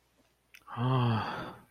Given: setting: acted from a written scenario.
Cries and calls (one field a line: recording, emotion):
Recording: vocal sound without words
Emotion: guilt